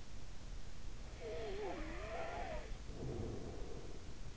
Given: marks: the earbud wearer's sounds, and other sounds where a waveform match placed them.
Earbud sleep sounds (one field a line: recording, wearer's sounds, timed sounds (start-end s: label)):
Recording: sounds in sleep by an in-ear microphone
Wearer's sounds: snoring breath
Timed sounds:
0.98-4.32 s: snoring breath